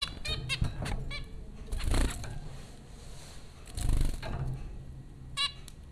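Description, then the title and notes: Zebra finch calls, short nasal beeps at the start and end, with two soft rushing bursts of noise between them and a low hum. Zebra finches recorded by Dan Bodah at Popcorn School, Flatbush, Brooklyn, New York, April 15, 2009. "Dronecast No. 030: The Popcorn Finches Four from Apr 15, 2009. Zebra finches recorded by Dan Bodah at Popcorn School, Flatbush, Brooklyn NY in April 2009"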